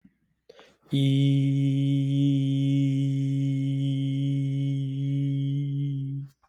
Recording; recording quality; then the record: sustained vowel as in beet; excellent, no background noise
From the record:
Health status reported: recovered from COVID-19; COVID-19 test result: positive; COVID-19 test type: rapid antigen test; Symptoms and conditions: sore throat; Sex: male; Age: 25 years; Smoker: no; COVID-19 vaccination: both doses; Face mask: not worn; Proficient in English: yes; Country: India